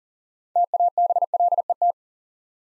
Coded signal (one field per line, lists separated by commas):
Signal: Morse code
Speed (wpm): 39 wpm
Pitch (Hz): 700 Hz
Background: none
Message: TABLET